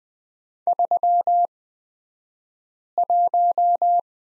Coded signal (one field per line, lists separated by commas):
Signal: Morse code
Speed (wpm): 20 wpm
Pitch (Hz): 700 Hz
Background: none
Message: 31